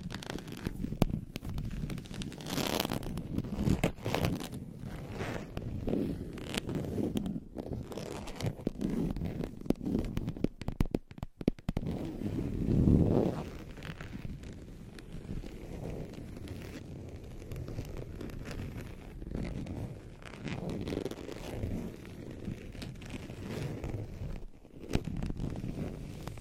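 Surface scratching and tapping, dense rustling texture mostly low and mid, with sharp clicks scattered throughout and a brief silent break near eleven seconds.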